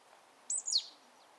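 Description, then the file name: Marsh tit call: one sharp, very high two-part note that slides steeply downward, in a quiet background. "Poecile palustris"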